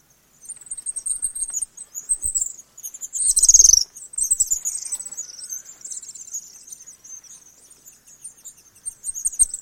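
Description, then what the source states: House swift twittering calls, high rapid trills and chirps running throughout, with one louder harsh burst near the middle. Adult birds.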